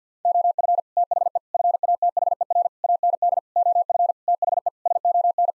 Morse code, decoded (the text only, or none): OF THE FATHER AND OF THE SON